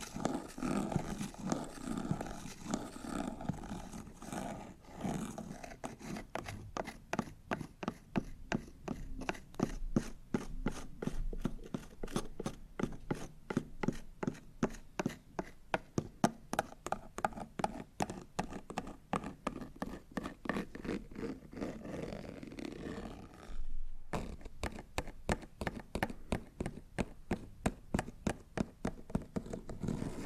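Scratching and rubbing on cardboard boxes begins as a rough, smeared rub, then turns into fast, regular scratch strokes, briefly pausing near 24 seconds.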